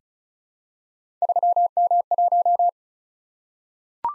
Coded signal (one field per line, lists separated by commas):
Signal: Morse code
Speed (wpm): 36 wpm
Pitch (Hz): 700 Hz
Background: none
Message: 3M1